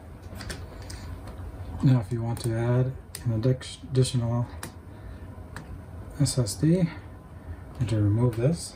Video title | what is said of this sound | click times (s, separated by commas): Lenovo Legion Slim S7 Upgrade Ram and Hard Drive SSD NVME | so if you push it down it'll lock into place | 0.5 s, 0.9 s